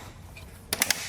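A CREE linear LED light fixture body is pushed up into its ceiling mounting bracket, which has four snap points. After a quiet lead-in, three sharp clicks sound at 0.7, 0.8 and 0.9 seconds as it snaps into the mounting clips, and the fixture is seated.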